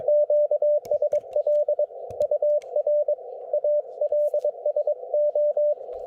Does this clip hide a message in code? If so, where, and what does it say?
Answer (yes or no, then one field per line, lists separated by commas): yes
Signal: Morse code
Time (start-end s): 0.1-5.7 s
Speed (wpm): 17 wpm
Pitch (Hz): 600 Hz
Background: radio noise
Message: QSL UR ALSO